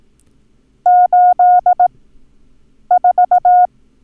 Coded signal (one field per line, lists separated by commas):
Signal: Morse code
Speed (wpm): 18 wpm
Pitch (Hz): 720 Hz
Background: none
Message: 84